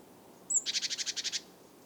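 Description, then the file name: Great tit call opening with one thin high note, then a quick buzzy rattle of about nine harsh pulses, against faint background hiss. "Parus major"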